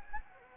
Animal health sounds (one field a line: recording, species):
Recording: mosquito wingbeat signal from an infrared sensor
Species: Anopheles gambiae